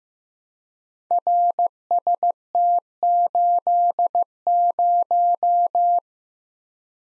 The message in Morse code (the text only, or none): RST80